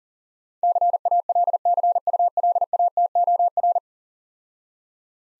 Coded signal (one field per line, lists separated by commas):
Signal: Morse code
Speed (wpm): 40 wpm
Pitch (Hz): 700 Hz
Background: none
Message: CALCULATOR